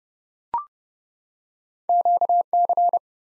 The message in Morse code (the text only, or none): QC